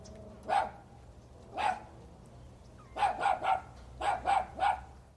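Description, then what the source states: Small dog barking: two single sharp barks, then two quick bursts of three yappy barks each. Small dog barking at TJ Ranch.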